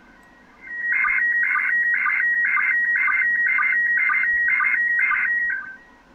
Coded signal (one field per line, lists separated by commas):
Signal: SSTV (slow-scan television)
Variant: PD 120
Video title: Ham Radio and Linux - Using QSSTV to decode from captured audio files